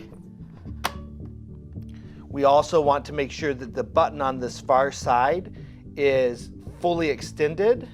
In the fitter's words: just going to slide it onto that mounting plate we're going to push it until we hear a click